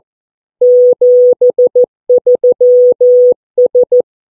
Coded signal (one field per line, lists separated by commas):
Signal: Morse code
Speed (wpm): 14 wpm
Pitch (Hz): 490 Hz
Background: none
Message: 73S